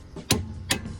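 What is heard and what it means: A torque wrench is put on the nut of a rear anti-roll bar drop link on an Alfa Romeo Giulietta, after the nut was already tightened by feel to about 50–60 Nm. Two sharp clicks are heard at 0.3 s and 0.7 s over a low background hum, showing the wrench has reached its setting and the nut is at the required torque.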